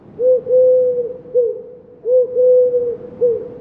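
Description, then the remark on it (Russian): Low, soft rock pigeon cooing repeated twice, each phrase a short hoot, a longer drawn-out coo, then another brief note, steady in pitch over a faint rustling background with no talking. “Но на самом деле, кстати, сизые голуби тоже похожие звуки могут издавать, такие у-гу-гу.”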